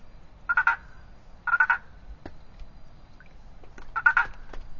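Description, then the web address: Boana prasina treefrog giving three short bursts of rapid rattling pulses, the first two close together and the third after a longer gap. "sounds Boana prasina"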